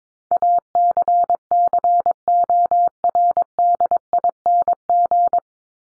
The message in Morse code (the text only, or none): ACCORDING